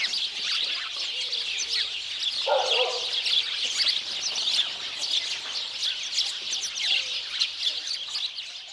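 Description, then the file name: House sparrow chirps form a busy, unbroken chatter of overlapping high notes, joined briefly by a lower, rougher sound near the third second. "Passer domesticus"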